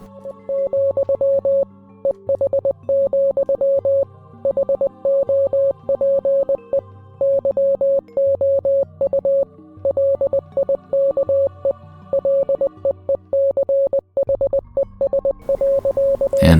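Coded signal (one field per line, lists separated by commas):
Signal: Morse code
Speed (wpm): 20 wpm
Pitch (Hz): 550 Hz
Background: music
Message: , EH, HOPE YOU LIKE LEECHES.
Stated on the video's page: Morse code puzzle from a Gmod ARG, given as something to decipher.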